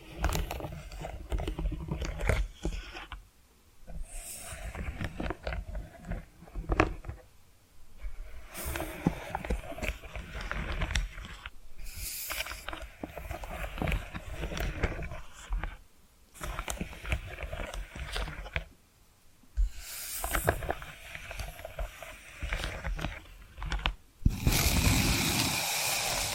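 Tapping and scratching sounds come in dense, uneven bursts, with quick clicks and rough scrapes broken by brief near-silent gaps around 3, 8, 16 and 19 seconds. Near 25 seconds a louder, steady hiss takes over until the end.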